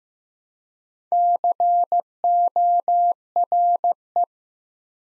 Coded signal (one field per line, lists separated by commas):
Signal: Morse code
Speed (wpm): 15 wpm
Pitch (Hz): 700 Hz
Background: none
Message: CORE